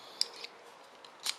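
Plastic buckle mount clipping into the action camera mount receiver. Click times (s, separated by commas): 0.2 s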